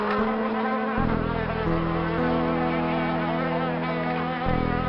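Bees buzzing, a dense droning hum with several steady tones that shift in pitch now and then, continuous throughout.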